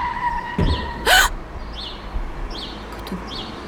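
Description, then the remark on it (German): A car's brakes squeal steadily for about a second, ending in a sudden loud thump as the car hits a dog, followed by quieter traffic rumble and faint, scattered bird chirps. “Sie haben den Hund angefahren.”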